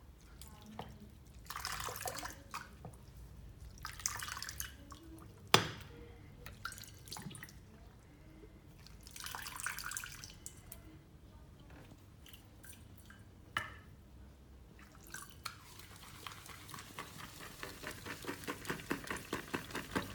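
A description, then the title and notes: During a men's shave and Turkish massage, water splashes and drips in bursts, with sharp clicks and a steady rapid trickle in the final seconds. Men's shave & Turkish massage. Beard cut, sheet washing and magic massage.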